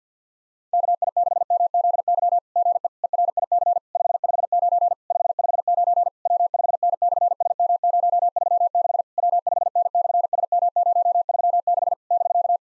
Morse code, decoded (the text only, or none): KI6MZY GE ERIC 559 559 W5N/SM036 W5N/SM036 <BK>